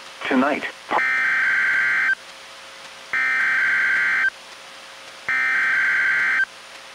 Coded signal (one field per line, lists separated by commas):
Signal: Emergency Alert System (SAME) tones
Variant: header bursts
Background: speech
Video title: EAS #705-708: 1 NWR and 3 EAS Required Monthly Tests- Oct. 20, 2022- 10:19AM PDT